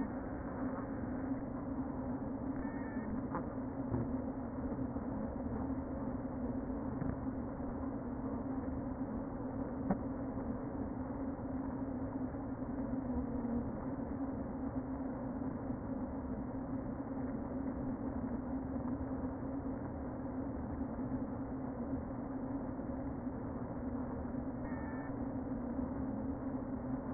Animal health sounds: honeybee colony, microphone inside the hive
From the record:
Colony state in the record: queen present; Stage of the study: before two queens were removed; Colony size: about 60,000 bees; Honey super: yes

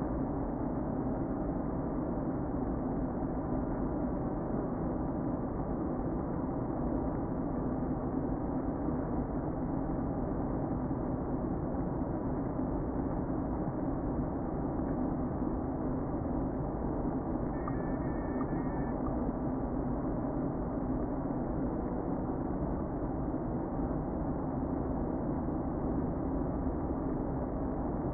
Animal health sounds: honeybee colony, microphone inside the hive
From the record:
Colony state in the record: queen present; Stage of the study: before two queens were removed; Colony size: about 60,000 bees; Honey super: yes

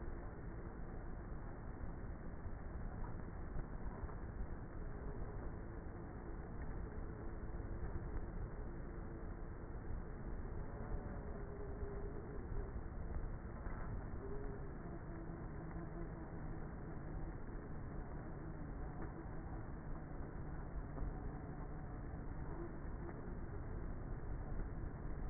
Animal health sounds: honeybee colony, microphone inside the hive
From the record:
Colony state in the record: queenless with a low population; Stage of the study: before two queens were removed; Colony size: about 30,000 bees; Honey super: no

